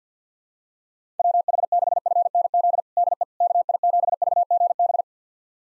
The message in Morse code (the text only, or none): WH6FNZ DE KI7VGB